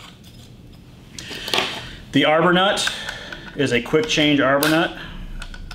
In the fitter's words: and that locks into place 360 degrees the